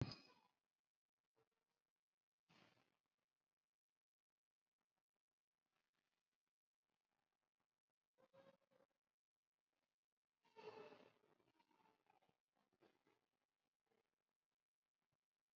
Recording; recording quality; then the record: shallow breathing; poor, much background noise or distortion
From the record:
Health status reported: COVID-19 positive, mild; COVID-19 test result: positive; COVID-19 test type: RT-PCR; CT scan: not taken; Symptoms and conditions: none ticked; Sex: female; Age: 25 years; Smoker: no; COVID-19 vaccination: none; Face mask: not worn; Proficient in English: yes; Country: India